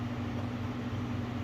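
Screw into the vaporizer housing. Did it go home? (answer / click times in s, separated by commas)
no / none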